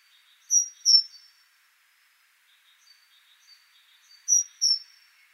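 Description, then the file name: Great tit uttering two paired, piercing whistled notes, then after a quiet spell of soft twittering another matching pair. "Parus major"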